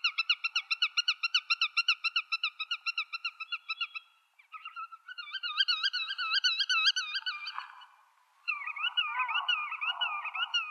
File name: audio birulaut ekorhitam